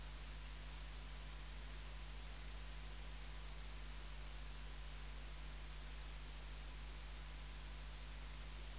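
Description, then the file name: Saddle-backed bush-cricket song of regular, very high, short scratchy chirps against a constant low hum. "Ephippiger cruciger"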